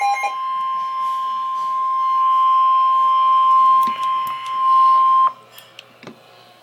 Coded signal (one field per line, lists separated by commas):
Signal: Emergency Alert System (SAME) tones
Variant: 1050 Hz attention tone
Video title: Severe Thunderstorm Warning - EAS #167